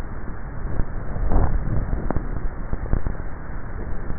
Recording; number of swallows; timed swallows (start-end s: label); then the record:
swallowing sounds by neck microphone; 1
1.32-2.28 s: swallow
From the record:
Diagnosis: dysphagia